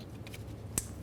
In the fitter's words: listen for a click give it a tug to make sure it's secure